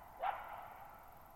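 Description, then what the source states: Coyote letting out one brief sharp bark that rings on with a long fading echo in near silence. Lone coyote at night, July 14, 2019, at Thirtymile Meadows, Okanogan National Forest, Okanogan High Country, Pacific Northwest, 6400 ft, on a dry plateau meadow bowl with boggy ground burbling.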